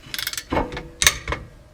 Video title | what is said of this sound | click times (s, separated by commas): Jeep Jk rear pads and rotor install | So you go until it clicks, like that. | 1.0 s, 1.1 s